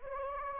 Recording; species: mosquito wingbeat signal from an infrared sensor; Anopheles gambiae